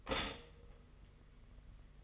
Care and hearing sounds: daily activity, microphone in the room; stop toaster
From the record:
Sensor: 4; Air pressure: 992.4 hPa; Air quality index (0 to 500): 144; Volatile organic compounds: 82 ppm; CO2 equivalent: 3625 ppm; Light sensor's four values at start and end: 18/62/23/24 and 18/63/23/24

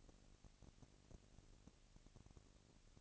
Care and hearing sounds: daily activity, microphone in the room; no activity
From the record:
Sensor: 4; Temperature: 22.3 degrees Celsius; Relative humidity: 31.9%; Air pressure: 997.8 hPa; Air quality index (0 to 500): 203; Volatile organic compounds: 17 ppm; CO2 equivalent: 2570 ppm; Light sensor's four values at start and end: 2/3/1/1 and 2/3/1/1

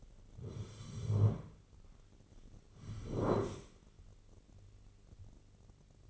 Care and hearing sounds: daily activity, microphone in the room; sit down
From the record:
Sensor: 4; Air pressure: 1010.0 hPa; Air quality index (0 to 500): 182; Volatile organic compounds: 2 ppm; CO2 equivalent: 1314 ppm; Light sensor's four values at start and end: 41/102/42/46 and 41/101/42/46

